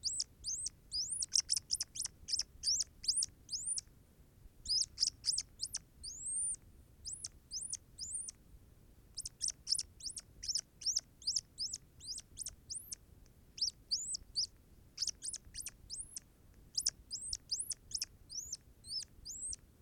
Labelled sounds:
Hazel Dormouse (Muscardinus avellanarius)
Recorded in captivity
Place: Zoologisches Institut der HUB, Berlin, DE
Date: 1969-11-22
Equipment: Studioanlage
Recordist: TSA

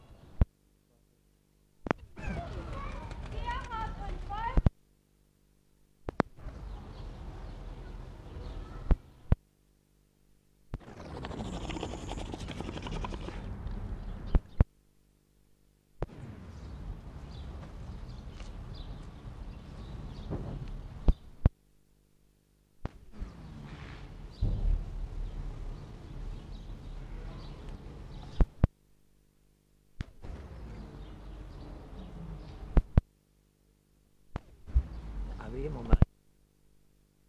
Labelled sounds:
Wapiti (Cervus canadensis) rut call
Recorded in captivity
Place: Zoo Halle, Sachsen-Anhalt, DE
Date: 1960-10-14 10:00
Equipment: Reporter (Vollspur)
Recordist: Tembrock, Günter

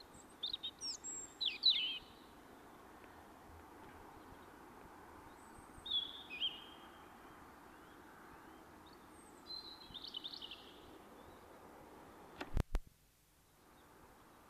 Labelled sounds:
European Robin (Erithacus rubecula) song
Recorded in the wild
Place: DE
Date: 1971-04-10
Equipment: Nagra IV, Sennheiser MKH 405
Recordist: Tretzel, Erwin
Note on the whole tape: Keine Angaben

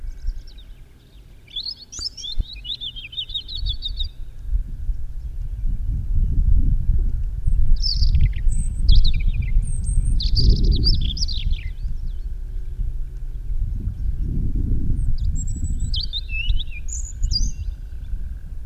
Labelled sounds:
European Robin (Erithacus rubecula) song
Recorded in the wild
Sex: male
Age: adult
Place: Röttenbach, Bayern, DE
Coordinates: 49.6633, 10.9539
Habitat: forest
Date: 1962-04-18
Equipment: Stellavox SM 5, Original, Vollspur, hochgestelltes Mikrofon
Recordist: Tretzel, Erwin

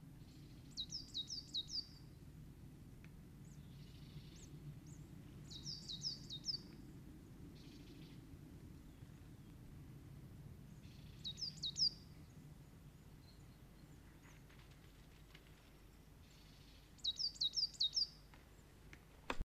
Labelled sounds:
Coal Tit (Periparus ater) song
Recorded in the wild
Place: Kaiserslautern, Rheinland-Pfalz, DE
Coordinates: 49.4065, 7.8055
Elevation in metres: 400
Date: 1977-03-01
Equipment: Nagra IV, Sennheiser MKH 405, Parabolreflektor
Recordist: Tretzel, Erwin
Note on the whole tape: Auf der Wolfskaut, Kaiserslautern: Gesang "plezi plezi"

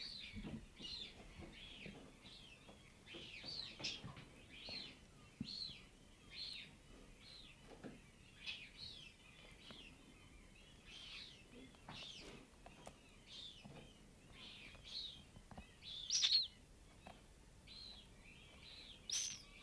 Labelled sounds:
Black-headed Gull (Chroicocephalus ridibundus) call
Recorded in the wild
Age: pullus
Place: Langenwerder, Mecklenburg-Vorpommern, DE
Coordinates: 54.027, 11.493
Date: 1969-06-05
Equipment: Nagra III BH, Sennheiser MD 421
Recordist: Schubert, Michael

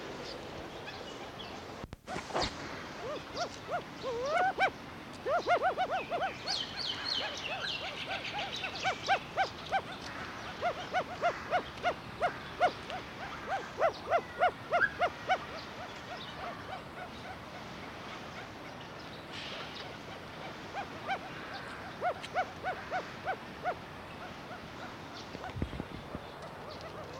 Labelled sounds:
Black Curassow (Crax alector) call
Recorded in captivity
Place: Zoo Berlin, Berlin, DE
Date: 1986-11-14 11:37
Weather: sunny 7 - 8°
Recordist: Tembrock, Günter

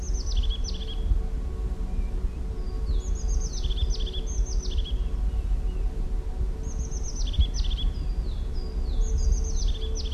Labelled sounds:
European Crested Tit (Lophophanes cristatus)
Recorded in the wild
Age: adult
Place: Kärnten, AT
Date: 1967-03-12
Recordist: Brunner, Thomas

